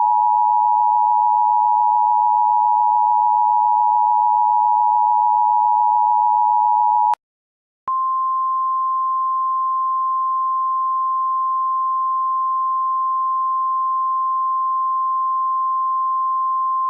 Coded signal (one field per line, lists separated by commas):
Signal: Emergency Alert System (SAME) tones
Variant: 853 and 960 Hz attention tone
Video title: EAS Classic: Local Area Network EAS Test